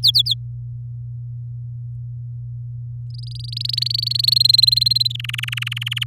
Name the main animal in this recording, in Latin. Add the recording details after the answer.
Serinus canaria. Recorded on 6 May 2018 at 05:51. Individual llb16